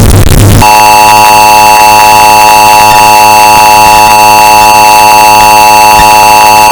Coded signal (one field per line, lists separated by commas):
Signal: Emergency Alert System (SAME) tones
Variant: 853 and 960 Hz attention tone